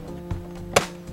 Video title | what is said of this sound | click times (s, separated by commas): How to Check Your ONT (Optical Network Terminal) | You'll hear the cover snap in two spots. | 0.3 s, 0.8 s